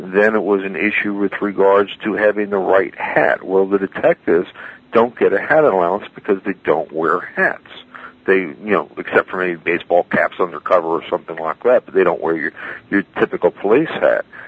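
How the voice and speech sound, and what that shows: A man speaks fluently in a low-pitched, steady voice with ordinary pauses and natural intonation, explaining a point about police hats. Articulation is clear and rhythm unremarkable, consistent with typical adult speech; the voice has a slightly thin, radio-like quality.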